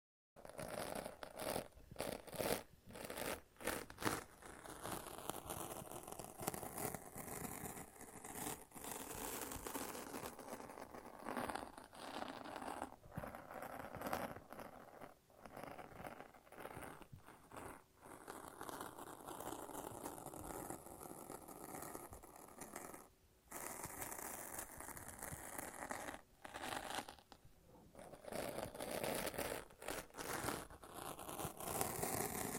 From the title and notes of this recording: ASMR No Talking Satisfying Sticky Sounds (Lint Roller and Tape).